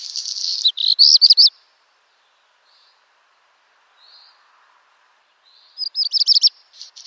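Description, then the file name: Black redstart song ends with bright looping whistled notes, followed by a silent gap broken by two soft notes, before another stuttering song begins. "Rouge queue noir"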